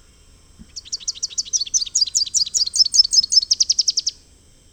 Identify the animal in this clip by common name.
Rufous-capped Warbler